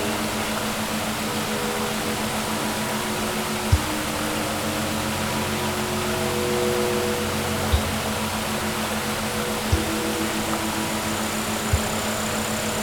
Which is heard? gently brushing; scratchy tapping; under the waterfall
under the waterfall